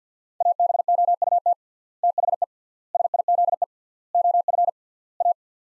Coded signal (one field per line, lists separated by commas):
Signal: Morse code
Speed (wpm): 50 wpm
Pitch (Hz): 700 Hz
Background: none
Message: ABOUT THE SIZE OF A